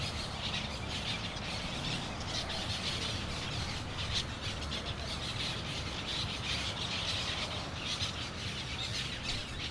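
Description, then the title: Parrot: a continuous din of parrot squawks from a large group, over steady low background noise. Parrots in Crespo at sunset. "Loros En Crespo"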